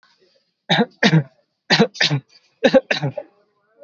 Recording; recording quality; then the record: shallow voluntary cough; excellent, no background noise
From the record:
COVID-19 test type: RT-PCR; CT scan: not taken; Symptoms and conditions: none ticked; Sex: male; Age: 19 years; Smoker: no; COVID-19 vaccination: both doses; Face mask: worn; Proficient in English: yes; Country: India